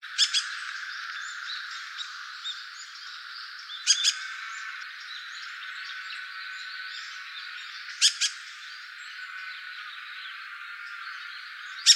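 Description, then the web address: Dusky thrush calls: short harsh double notes given about every four seconds over a steady hiss of background noise. Recorded on 9 December 2015. "birdenaga tugumi"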